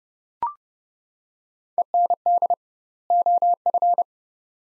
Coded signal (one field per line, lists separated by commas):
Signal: Morse code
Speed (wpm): 29 wpm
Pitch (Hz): 700 Hz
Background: none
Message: END OF